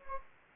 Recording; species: mosquito wingbeat signal from an infrared sensor; Anopheles gambiae